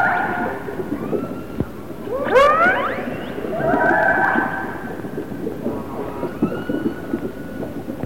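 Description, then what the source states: Orca calls, a loud rising and falling harmonic call early on, then steadier tonal calls over background hiss. Resident orcas of the A clan.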